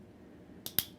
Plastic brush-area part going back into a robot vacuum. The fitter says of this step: into place right there it snaps back into place